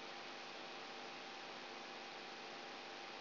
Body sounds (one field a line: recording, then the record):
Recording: brain microelectrode recording played as sound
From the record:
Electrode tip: outside the subthalamic nucleus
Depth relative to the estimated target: -5 mm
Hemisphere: right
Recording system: AlphaMap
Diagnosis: Parkinson's disease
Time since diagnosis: 13 years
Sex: female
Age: 63 years